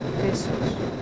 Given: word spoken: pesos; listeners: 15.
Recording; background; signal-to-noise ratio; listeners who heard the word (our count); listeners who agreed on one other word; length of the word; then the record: one Spanish word in noise, from a listening test; noise modulated by three-talker babble; -5.6 dB; 4 of 15; 10 of 15; 0.62 s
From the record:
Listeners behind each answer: 10, 4, 1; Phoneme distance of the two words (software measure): 10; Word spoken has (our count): 2 syllables, 5 phonemes, stress on syllable 1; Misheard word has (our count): 2 syllables, 5 phonemes, stress on syllable 1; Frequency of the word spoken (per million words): 71.78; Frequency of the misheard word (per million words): 10.50